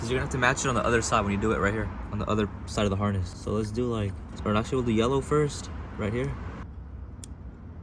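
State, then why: Seated. A yellow wire's pin terminal is pushed into its slot in the LED vent wiring harness connector on a 2015 Mercedes S550 while someone talks. Speech fills most of the clip, then a short, sharp click at 7.2 s marks the terminal seating in the connector housing.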